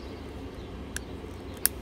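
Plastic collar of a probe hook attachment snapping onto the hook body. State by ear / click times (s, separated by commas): partly seated / 1.0 s, 1.7 s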